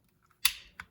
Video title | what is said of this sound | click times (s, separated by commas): Sig M17 Pellet Pistol - First Look | your thumb and then snap | 0.5 s